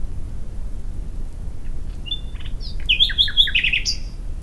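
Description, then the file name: Common nightingale song, soft whistles building into loud, rhythmic repeated chirps and a final high note, with a low rumble underneath. "Luscinia megarhynchos"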